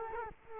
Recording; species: mosquito wingbeat signal from an infrared sensor; Culex quinquefasciatus